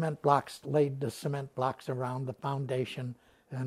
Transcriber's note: none